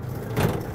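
A sliding storage tray in the exterior bay of a Newmar Dutch Star 4375 RV is handled, with a low rumbling swell peaking around 0.4–0.5 s over steady background noise. Nothing has seated or clicked yet, and the tray has not locked into place.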